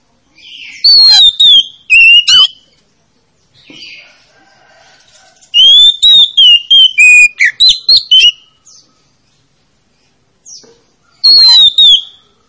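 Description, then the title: Oriental magpie-robin song: loud bursts of rich whistled phrases with sharp high notes, coming in three spells separated by quiet gaps. Played as a lure to make a reluctant, quiet magpie-robin start singing. "Pancingan Kacer Yg Malas Bunyi"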